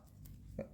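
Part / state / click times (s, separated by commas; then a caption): drill bit into surgical drill attachment / not seated / none. A burr/drill bit is inserted into the 14 attachment of a Medtronic Legend high-speed pneumatic surgical drill and turned clockwise to lock, without first being pressed in until it clicks. Only a low background hum and two brief taps, at about 0.3 s and 0.6 s, are heard. Nothing has clicked or seated, and the bit does not lock.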